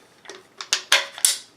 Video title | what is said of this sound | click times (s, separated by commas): RapidAir Filter Regulator Installation and Troubleshooting Tips | when you reinsert it make sure that the bottom is orientated and it clicks into place | 1.2 s